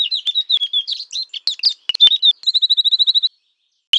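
Bird song: a quick run of varied chirps and twittering notes, then a fast, even trill of about a dozen repeated high notes, ending with one brief note.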